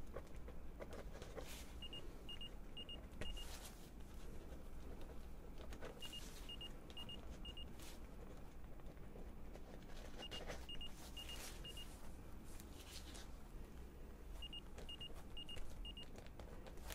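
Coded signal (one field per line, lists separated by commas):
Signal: none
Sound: hearing test beeps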